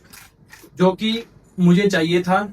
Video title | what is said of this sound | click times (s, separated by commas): Axor apex vs axor street/ kon sa best helmet hai ??? #axorhelmets #youtubevideo | तो अब यह lock हो गया है। | 0.5 s